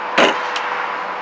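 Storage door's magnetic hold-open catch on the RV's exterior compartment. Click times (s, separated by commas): 0.2 s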